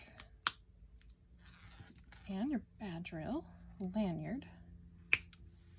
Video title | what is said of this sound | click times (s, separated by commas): Beaded lanyard badge reels (interchangeable) | then press till you hear the click and | 0.5 s